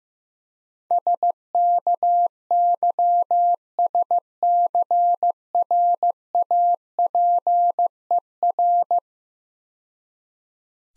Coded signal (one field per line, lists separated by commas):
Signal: Morse code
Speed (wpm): 15 wpm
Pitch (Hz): 700 Hz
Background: none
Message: SKYSCRAPER